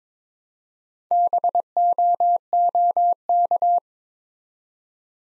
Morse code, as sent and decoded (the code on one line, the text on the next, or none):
-... --- --- -.-
BOOK